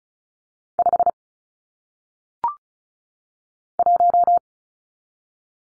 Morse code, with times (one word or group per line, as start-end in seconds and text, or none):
0.8-1.1 5
3.8-4.4 1